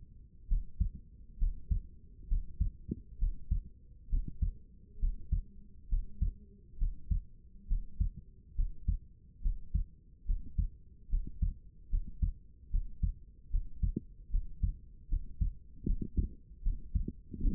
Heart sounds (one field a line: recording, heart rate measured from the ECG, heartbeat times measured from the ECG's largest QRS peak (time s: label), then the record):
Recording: heart sounds by stethoscope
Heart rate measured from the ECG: 71 bpm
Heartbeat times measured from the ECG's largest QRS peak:
0.47 s: heartbeat
1.38 s: heartbeat
2.27 s: heartbeat
3.18 s: heartbeat
4.09 s: heartbeat
4.99 s: heartbeat
5.88 s: heartbeat
6.77 s: heartbeat
7.67 s: heartbeat
8.54 s: heartbeat
9.41 s: heartbeat
10.25 s: heartbeat
11.09 s: heartbeat
11.89 s: heartbeat
12.70 s: heartbeat
13.50 s: heartbeat
14.30 s: heartbeat
15.08 s: heartbeat
15.85 s: heartbeat
16.62 s: heartbeat
17.40 s: heartbeat
From the record:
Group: healthy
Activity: breath hold 0-16 s, rest 16-18 s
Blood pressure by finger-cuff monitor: 140/74 mmHg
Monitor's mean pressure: 91 mmHg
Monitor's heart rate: 67 bpm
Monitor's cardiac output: 6.2 L/min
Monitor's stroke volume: 90 mL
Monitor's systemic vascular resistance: 1090 dyn s/cm5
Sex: female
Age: 22 years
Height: 154 cm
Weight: 58.7 kg